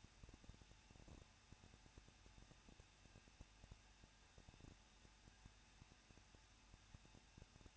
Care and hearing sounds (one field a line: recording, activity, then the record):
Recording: daily activity, microphone in the room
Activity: no activity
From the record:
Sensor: 2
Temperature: 21.0 degrees Celsius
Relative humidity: 37.4%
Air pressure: 1006.2 hPa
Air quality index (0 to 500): 221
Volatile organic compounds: 24 ppm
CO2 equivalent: 2800 ppm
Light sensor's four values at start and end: 2/3/2/2 and 2/3/2/2